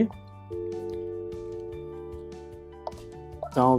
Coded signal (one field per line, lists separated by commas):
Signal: telephone call progress tone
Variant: North America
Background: speech, music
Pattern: dial tone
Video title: Unity Phone Demo on Polycom VVX 411